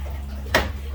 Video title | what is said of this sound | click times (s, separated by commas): **DIY** (PART 3) How to Convert IBC Tote into a Fish Stock Tank - Simple Outflow Into Larger Tank | but it basically snaps right into there just like that | 0.5 s